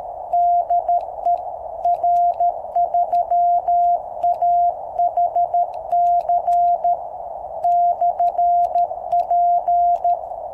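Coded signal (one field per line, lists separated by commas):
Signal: Morse code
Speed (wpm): 13 wpm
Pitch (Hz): 700 Hz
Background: none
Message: DE R3AHC/P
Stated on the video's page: QRP CW on QCX-mini transceiver powered by 3x18650 cells, 10 m end-fed antenna with 1:64 balun on 7 m fishing-pole mast.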